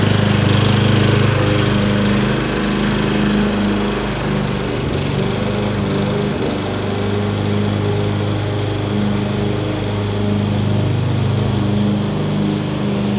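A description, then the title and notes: A lawn mower runs in a backyard, its engine a steady, dense drone with a strong low hum and a rough, buzzing upper texture. The pitch wavers slightly as the load shifts, with small clatters around the fifth and sixth seconds. Mowing the grass in my backyard in Phoenix Arizona | Lawn mower. Even though it’s hot as hell nearly here in Phoenix Arizona, I still need to keep the lawn in check.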